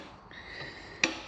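An aftermarket metal rear coolant line, slightly bent to line up, is pushed into the turbocharger coolant port (Garrett turbo) while building a 2013-2014 F-150 3.5 EcoBoost engine with BD manifolds. Over quiet background noise, a faint sound begins at 0.3 s, then a single sharp, bright click at 1.0 s as the fitting pops in. The line seats at 1.0 s.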